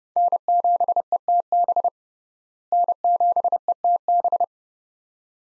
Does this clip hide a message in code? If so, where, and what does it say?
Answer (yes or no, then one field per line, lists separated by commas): yes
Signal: Morse code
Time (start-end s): 0.2-4.4 s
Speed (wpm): 30 wpm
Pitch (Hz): 700 Hz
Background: none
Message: N7ETB N7ETB